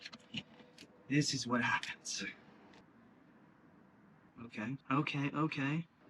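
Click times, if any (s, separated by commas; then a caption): none. The wiring connector of an aftermarket Varis full LED tail light on a Mitsubishi Lancer Evolution X is handled against its mating plug, with a few faint ticks near 0.1, 0.4 and 0.8 seconds. Someone talks in between. Nothing has seated or clicked yet.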